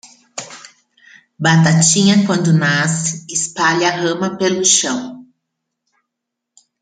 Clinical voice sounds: short text; Brazilian Portuguese; female; 50 to 59 years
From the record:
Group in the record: control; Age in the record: 53 years

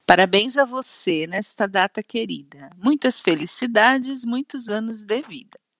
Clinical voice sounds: short text; Brazilian Portuguese; female; 50 to 59 years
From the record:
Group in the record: control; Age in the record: 53 years

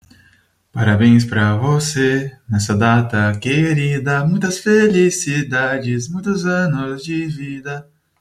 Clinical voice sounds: short text; Brazilian Portuguese; male; 20 to 29 years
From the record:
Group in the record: control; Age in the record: 22 years

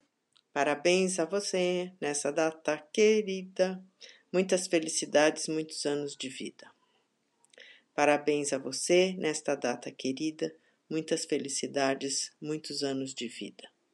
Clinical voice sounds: short text; Brazilian Portuguese; female; 60 to 69 years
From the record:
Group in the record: control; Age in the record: 69 years

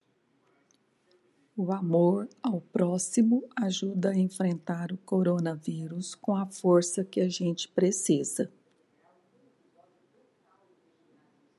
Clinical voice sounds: spoken sentence; Brazilian Portuguese; female; 60 to 69 years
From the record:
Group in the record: control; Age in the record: 65 years

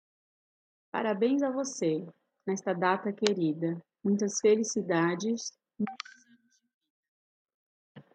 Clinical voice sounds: short text; Brazilian Portuguese; female; 30 to 39 years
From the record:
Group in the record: control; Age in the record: 38 years

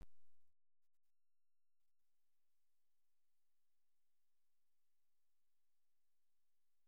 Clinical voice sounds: short text; Brazilian Portuguese; female; 50 to 59 years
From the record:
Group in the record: control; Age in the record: 52 years

